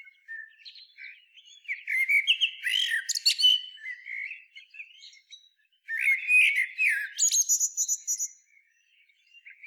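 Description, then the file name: Common blackbird delivering two loud bursts of fluty warbling mixed with sharp, scratchy high notes, separated by a softer stretch and a brief silence. "Turdus merula"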